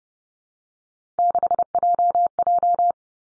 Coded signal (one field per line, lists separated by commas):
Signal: Morse code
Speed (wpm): 30 wpm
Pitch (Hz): 700 Hz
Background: none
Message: 6JJ